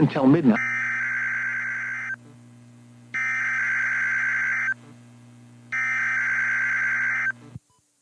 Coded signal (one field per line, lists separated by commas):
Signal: Emergency Alert System (SAME) tones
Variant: header bursts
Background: speech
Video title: EAS #2,493-2,497 Required Weekly Tests 1/28/26